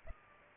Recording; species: mosquito wingbeat signal from an infrared sensor; Culex pipiens